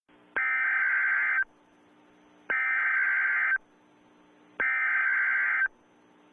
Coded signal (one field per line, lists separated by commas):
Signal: Emergency Alert System (SAME) tones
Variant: header bursts